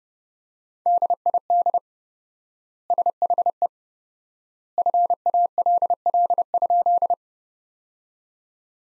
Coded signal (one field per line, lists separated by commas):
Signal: Morse code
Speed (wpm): 30 wpm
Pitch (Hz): 700 Hz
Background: none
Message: DID SHE FALL?